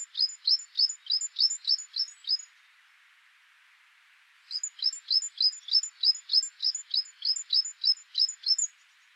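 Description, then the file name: Great tit singing rhythmic two-part notes, a thin high tone paired with a falling lower note, repeated rapidly in two long strophes separated by a two-second silence. "Parus major"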